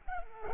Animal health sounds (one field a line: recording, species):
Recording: mosquito wingbeat signal from an infrared sensor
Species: Culex pipiens